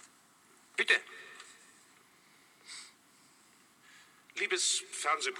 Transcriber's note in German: Er hat dem Moderator das Mikrofon abgenommen, jetzt hat er den leichten Hall